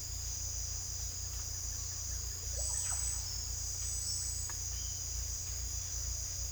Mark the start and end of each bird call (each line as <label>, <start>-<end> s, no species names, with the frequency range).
bird call (0.3-4.3 kHz), 2.57-2.93 s